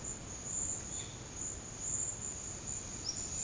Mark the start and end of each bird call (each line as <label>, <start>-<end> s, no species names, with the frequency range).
bird call (1.2-4.6 kHz), 0.86-1.25 s
bird call (4.2-6.4 kHz), 2.99-3.22 s